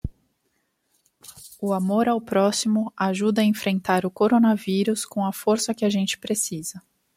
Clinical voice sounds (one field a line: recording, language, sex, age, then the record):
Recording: spoken sentence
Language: Brazilian Portuguese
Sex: female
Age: 30 to 39 years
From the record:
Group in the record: control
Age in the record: 31 years